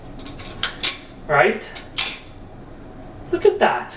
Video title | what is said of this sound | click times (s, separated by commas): How to mukbang and install a bidet | And so these just click into place. | 0.6 s